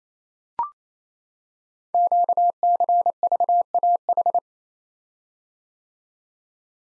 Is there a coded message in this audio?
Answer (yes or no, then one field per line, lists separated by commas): yes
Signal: Morse code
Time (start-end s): 1.9-4.4 s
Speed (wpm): 28 wpm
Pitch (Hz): 700 Hz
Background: none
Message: QCVAH